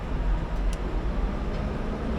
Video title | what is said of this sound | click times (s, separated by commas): FORCED TO EMPTY OUR FRIDGE BEFORE GETTING ON THE EUROTUNNEL | that's it it locks in place and | 0.7 s